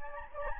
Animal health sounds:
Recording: mosquito wingbeat signal from an infrared sensor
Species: Anopheles gambiae

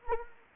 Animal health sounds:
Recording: mosquito wingbeat signal from an infrared sensor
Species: Anopheles arabiensis

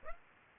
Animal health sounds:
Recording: mosquito wingbeat signal from an infrared sensor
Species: Aedes aegypti

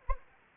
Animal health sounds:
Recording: mosquito wingbeat signal from an infrared sensor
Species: Anopheles arabiensis

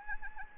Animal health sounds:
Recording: mosquito wingbeat signal from an infrared sensor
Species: Anopheles arabiensis

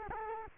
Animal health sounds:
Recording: mosquito wingbeat signal from an infrared sensor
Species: Culex quinquefasciatus

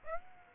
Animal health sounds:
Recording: mosquito wingbeat signal from an infrared sensor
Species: Aedes aegypti

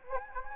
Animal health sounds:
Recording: mosquito wingbeat signal from an infrared sensor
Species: Anopheles gambiae

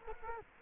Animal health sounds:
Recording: mosquito wingbeat signal from an infrared sensor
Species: Culex quinquefasciatus

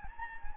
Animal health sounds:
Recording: mosquito wingbeat signal from an infrared sensor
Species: Anopheles gambiae

